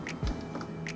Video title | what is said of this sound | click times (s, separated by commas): HP OfficeJet Pro 6830: How to Change/Replace Ink Cartridges | hear that little noise | 0.9 s